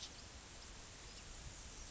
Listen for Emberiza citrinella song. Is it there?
no